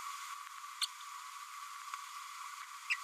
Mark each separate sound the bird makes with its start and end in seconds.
0.81-0.86, 2.90-2.97